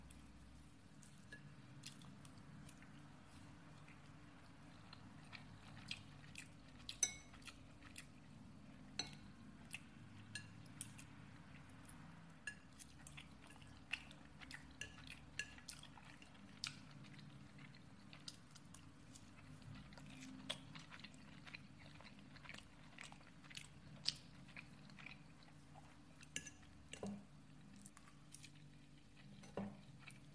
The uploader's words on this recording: A PERSON EATING.